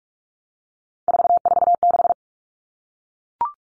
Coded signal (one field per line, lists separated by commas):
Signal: Morse code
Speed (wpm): 44 wpm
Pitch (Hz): 700 Hz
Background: none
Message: 446